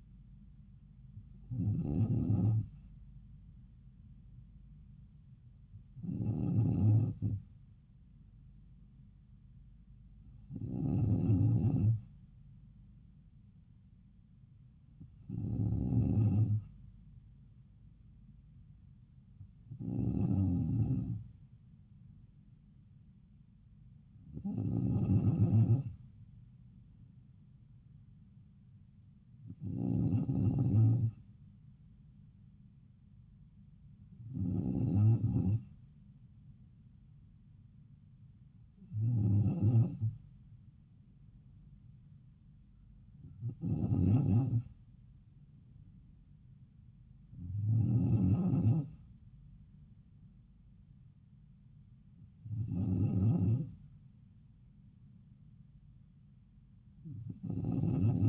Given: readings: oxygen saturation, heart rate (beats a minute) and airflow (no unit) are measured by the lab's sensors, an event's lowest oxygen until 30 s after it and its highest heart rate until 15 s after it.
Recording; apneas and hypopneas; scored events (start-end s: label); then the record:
breathing in sleep by a smartphone at the bedside; none
none scored
From the record:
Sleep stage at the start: N2 (light sleep); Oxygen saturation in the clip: 94%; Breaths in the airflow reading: 12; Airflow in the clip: -3.3 to 3.3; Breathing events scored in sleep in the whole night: 270 in 6.1 hours asleep